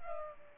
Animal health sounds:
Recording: mosquito wingbeat signal from an infrared sensor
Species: Culex pipiens

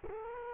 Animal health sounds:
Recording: mosquito wingbeat signal from an infrared sensor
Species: Culex quinquefasciatus

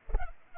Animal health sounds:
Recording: mosquito wingbeat signal from an infrared sensor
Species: Culex pipiens

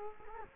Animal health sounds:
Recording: mosquito wingbeat signal from an infrared sensor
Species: Culex quinquefasciatus

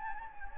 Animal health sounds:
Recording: mosquito wingbeat signal from an infrared sensor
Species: Anopheles gambiae

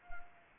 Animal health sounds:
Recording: mosquito wingbeat signal from an infrared sensor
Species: Anopheles arabiensis

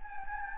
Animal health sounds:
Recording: mosquito wingbeat signal from an infrared sensor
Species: Anopheles gambiae

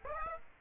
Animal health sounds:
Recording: mosquito wingbeat signal from an infrared sensor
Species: Aedes aegypti

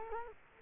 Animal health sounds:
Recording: mosquito wingbeat signal from an infrared sensor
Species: Culex quinquefasciatus

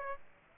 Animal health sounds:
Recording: mosquito wingbeat signal from an infrared sensor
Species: Aedes aegypti

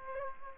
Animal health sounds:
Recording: mosquito wingbeat signal from an infrared sensor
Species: Aedes aegypti

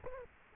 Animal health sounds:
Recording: mosquito wingbeat signal from an infrared sensor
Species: Culex quinquefasciatus

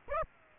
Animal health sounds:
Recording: mosquito wingbeat signal from an infrared sensor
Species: Aedes aegypti

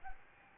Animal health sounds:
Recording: mosquito wingbeat signal from an infrared sensor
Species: Aedes albopictus

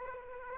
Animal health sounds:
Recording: mosquito wingbeat signal from an infrared sensor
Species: Aedes aegypti

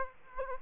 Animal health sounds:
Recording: mosquito wingbeat signal from an infrared sensor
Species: Aedes aegypti

